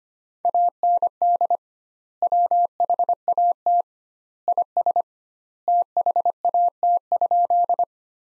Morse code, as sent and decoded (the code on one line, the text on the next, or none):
.- -. -.. / .-- .... .- - / .. ... / - .... .- - ..--..
AND WHAT IS THAT?